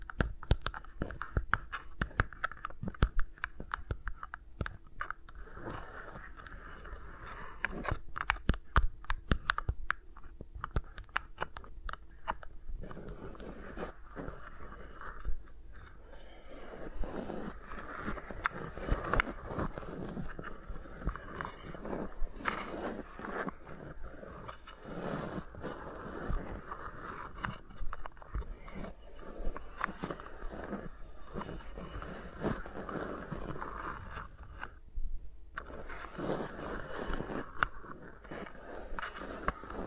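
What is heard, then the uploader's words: Fingers rub and tap against microphones in an unbroken stream of crackly rustling and sharp clicks, with no talking. The scratching thickens and grows busier through the middle stretch, then briefly thins out around thirty-five seconds before picking back up. ASMR with Mics Around My Fingers (No Talking).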